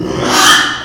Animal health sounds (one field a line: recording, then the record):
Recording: squeal of a Yucatan mini pig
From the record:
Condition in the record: after surgery on the right vocal fold (resection and tissue-engineered implant)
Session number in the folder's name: 3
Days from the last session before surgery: 33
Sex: male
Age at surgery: 12 weeks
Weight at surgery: 13 kg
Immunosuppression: cyclosporine, prednisolone